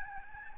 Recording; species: mosquito wingbeat signal from an infrared sensor; Aedes albopictus